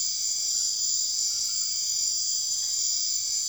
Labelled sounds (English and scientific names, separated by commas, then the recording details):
none
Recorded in secondary vegetation near Puerto Asís, Putumayo, Colombia, on 23 June 2025 at 22:00
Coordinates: 0.500, -76.326
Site GP08